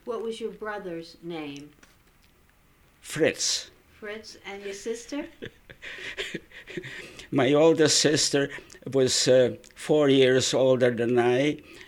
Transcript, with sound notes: What was your brother's name?
Fritz.
Fritz. And your sister?
( he laughs ) My older sister was four years older than I